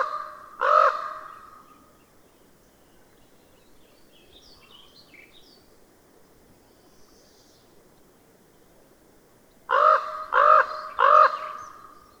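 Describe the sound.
Bird giving one loud harsh caw, then a long quiet stretch with faint chirps, before a quick run of three caws.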